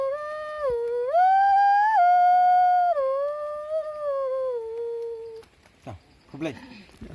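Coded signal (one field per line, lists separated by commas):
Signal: whistled language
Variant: Kongthong jingrwai iawbei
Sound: a steady hummed or whistled melody stepping between a few pitches, then brief rustling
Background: small room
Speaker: a song which we call in kongtong the jin ray obey which has been composed by a mother for her child and now congratu she will compose a song for you so that it will remain as a song's name for you sir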